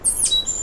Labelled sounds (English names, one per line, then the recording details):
Stitchbird song
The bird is a male
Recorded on Tiritiri Matangi Island, New Zealand, in 2005
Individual 1, of nest box 1